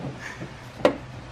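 A plastic retaining clip on a Dodge Challenger's hood or trim is pushed back into its hole in the body panel. A single sharp pop at 0.9 s stands out above quiet background noise as the clip easily seats back in place.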